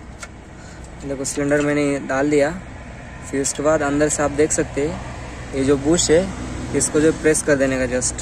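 A Skoda Octavia 1.9 clutch cylinder, being replaced because the old one failed, is handled at its gearbox mounting while someone talks over a low steady background hum, with a brief sharp tap near 0.2 s. Nothing has seated or clicked yet; the bush has not been pressed and the cylinder is not yet locked into its mount.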